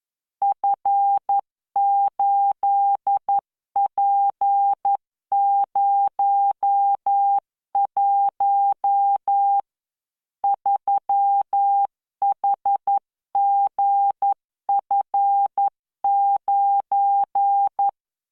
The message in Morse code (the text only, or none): F8P01 3HGF9